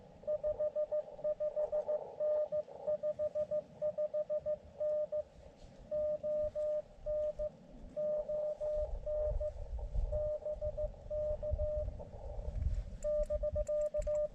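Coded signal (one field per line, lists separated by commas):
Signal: Morse code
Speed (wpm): 15 wpm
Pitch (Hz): 600 Hz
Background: radio noise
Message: 55N 55N ON ON BK <BK>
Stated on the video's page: Morse from an Elecraft KX2 during a POTA park activation on 17 meters.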